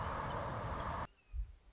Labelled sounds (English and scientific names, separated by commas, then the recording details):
Red-shouldered Hawk (Buteo lineatus)
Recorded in Sonoma County, California